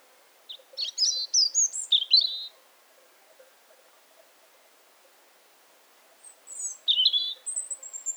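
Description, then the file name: European robin song, two high, tinkling phrases of quick varied notes separated by several seconds of quiet. "Erithacus rubecula"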